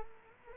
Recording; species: mosquito wingbeat signal from an infrared sensor; Culex quinquefasciatus